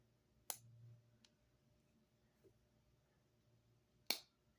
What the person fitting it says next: You can hear it just snap right into place.